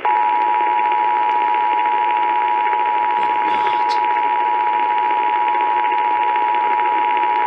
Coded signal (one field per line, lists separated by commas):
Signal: Emergency Alert System (SAME) tones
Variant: 853 and 960 Hz attention tone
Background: speech